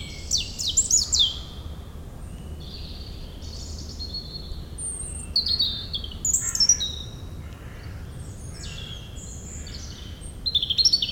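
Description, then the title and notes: European robin song, a series of high, fluty and trilled phrases separated by brief silences, against a constant low roar. Singing in the huge Meerdaalbos forest, Oud-Heverlee, Belgium, with planes taking off. "3051 Oud-Heverlee, Belgium - Meerdaalbos. Into the huge forest called Meerdaalbos, the European Robin singing, and planes takeoffs"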